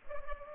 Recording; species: mosquito wingbeat signal from an infrared sensor; Culex pipiens